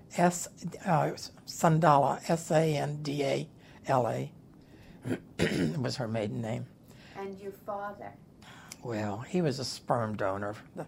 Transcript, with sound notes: S - Sandala. S-A-N-D-A-L-A (clears throat) was her maiden name.
And your father?
Well, he was a sperm donor.